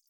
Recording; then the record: hydrophone in a shrimp aquaculture tank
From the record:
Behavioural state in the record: feeding